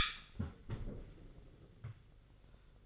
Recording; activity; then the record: daily activity, microphone in the room; close fridge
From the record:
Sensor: 4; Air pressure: 1008.6 hPa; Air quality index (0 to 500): 78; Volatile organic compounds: 1 ppm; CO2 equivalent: 640 ppm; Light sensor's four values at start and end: 14/32/13/14 and 15/35/14/15